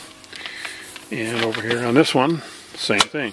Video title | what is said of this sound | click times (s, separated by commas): Taking the Montague Paratrooper folding mountain bicycle camping. | so the last step before we can ride is we have to deploy the pedals and they just snap in place like there | 0.5 s